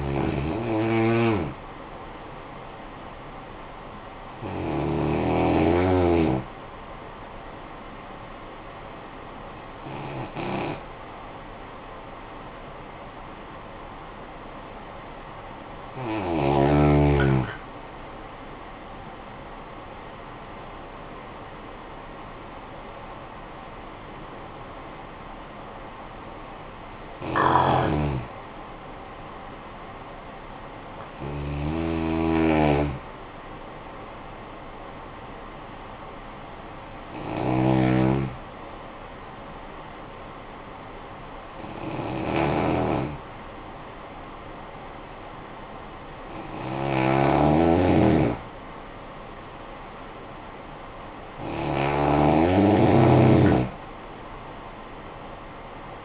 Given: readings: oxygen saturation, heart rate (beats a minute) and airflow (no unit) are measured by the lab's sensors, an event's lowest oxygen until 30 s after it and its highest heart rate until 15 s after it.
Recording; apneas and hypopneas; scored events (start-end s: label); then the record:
breathing in sleep by a voice recorder at the bedside; 2
6.00-18.70 s: hypopnea (N2, oxygen 95% highest, then 90% lowest, heart rate 55 at the start, 69 highest)
39.00-51.70 s: hypopnea (N2, oxygen 95% highest, then 90% lowest, heart rate 53 at the start, 63 highest)
From the record:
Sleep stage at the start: N2 (light sleep); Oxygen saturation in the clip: 88 to 95%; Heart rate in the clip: 52 to 69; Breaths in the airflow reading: 11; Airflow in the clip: -10.6 to 11.3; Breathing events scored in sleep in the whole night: 445 in 7.6 hours asleep